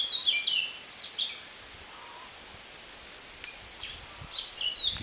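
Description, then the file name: Eurasian blackcap: a fast warbled phrase, a quiet gap, then more scattered high, twittering notes. "Sylvia atricapilla"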